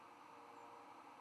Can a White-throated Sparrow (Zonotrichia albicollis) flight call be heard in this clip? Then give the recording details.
no. Another species' flight call is heard. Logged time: 04:10 on 11 November 2014